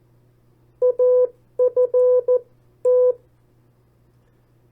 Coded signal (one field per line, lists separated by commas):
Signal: Morse code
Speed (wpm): 14 wpm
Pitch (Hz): 500 Hz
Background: none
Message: AFT